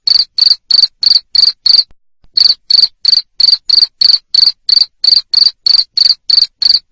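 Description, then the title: Cricket chirping shrilly, six chirps, a short silence, then a steady run of high pulsed chirps about three per second. Loud cricket chirping used to stimulate lovebirds to sing continuously (ngekek). "Suara JANGKRIK NGERIK Keras Bikin LOVEBIRD Jadi NGEKEK Terus Vubey"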